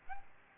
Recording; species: mosquito wingbeat signal from an infrared sensor; Aedes albopictus